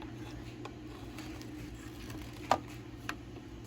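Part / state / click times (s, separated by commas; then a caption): switch panel into the truck dash cubby hole / seated / 2.5 s, 3.1 s. A wired switch panel is pressed into the cubby-hole opening in the dash of a 2009-2014 Ford F150 and seats with two sharp snaps at 2.5 and 3.1 seconds. Faint ticks and a low steady hum are heard before the snaps, and the panel ends up back in place.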